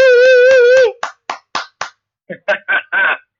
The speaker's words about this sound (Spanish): Muy bien, aplausos, aplausos porque hoy se sumó. Vamos, Quinto A.